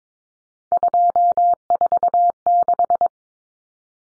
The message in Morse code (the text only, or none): 246